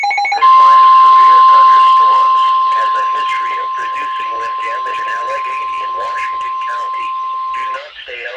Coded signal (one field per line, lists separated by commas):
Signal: Emergency Alert System (SAME) tones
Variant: 1050 Hz attention tone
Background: speech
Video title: Severe T-Storm Warning [EAS #161] 1-30-13 (NWS Charleston, WV)